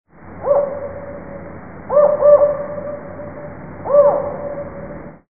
Sound recording of spotted owl, Yosemite National Park, California.